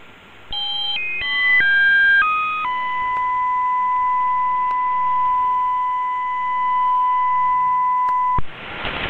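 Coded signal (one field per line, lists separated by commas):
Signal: unidentified radio signal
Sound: steady tone jumping between about six pitches, then holding near 1 kHz for six seconds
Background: radio static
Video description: This test tone was observed changing in tone pitch, see spectrogram image in the video.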